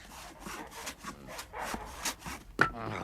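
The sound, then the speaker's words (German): A hand saw cuts through the third wooden post of a flimsy goose stall in a steady rhythm of rasping strokes, about seven in three seconds, ending with a sharper, louder crack-like stroke. No one speaks. “Die Säge hat den Pfosten halb durchgenagt, als der schwache Stall mitsamt den Gänsen schwankt.”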